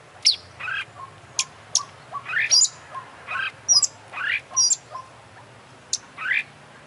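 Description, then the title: Oriental magpie-robin singing a spaced series of clear whistles, sharp high chips and short rising buzzy slurs, each phrase separated by brief pauses, over a faint low hum. Champion bird in lively full song (gacor). "Kacer Juara Gacor"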